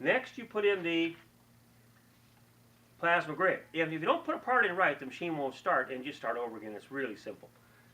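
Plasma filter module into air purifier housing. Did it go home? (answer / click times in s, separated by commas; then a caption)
no / none. A plasma filter module is handled at an air purifier housing, ready to go into its slot, while someone talks throughout over a faint steady low hum. Nothing has seated or clicked yet; the module is not yet home.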